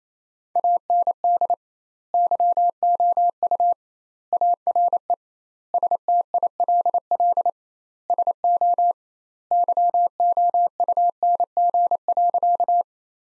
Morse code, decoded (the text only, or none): AND YOU ARE STILL SO YOUNG.